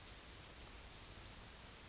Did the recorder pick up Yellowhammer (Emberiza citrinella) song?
no